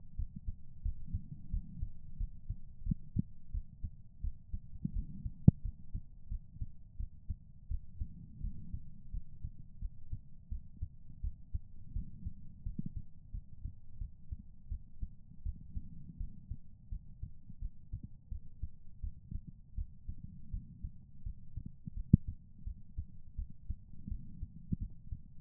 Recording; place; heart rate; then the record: heart sounds by stethoscope; pulmonary valve (PV); 87 bpm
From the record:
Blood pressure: 124/78 mmHg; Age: 33 years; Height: 170 cm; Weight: 82 kg